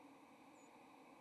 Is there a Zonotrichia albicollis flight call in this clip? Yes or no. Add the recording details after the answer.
yes. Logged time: 06:51 on 30 October 2014